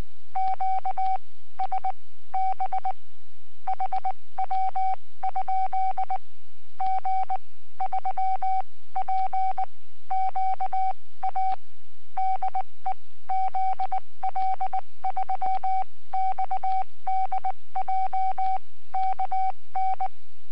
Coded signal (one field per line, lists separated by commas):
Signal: Morse code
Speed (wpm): 19 wpm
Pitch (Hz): 760 Hz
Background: none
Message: QSB HW? G3PQA DE ZL3XDJ KN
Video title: Webcam video from 17 January 2015 at 08:25 (UTC)...G3PQA, 80M CW QSO.